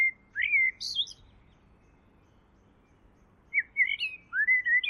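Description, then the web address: Bird song: a whistled slurred phrase, a silent gap, then a run of bright, rapidly repeated chirping notes. "Deverinetal. Bird Only"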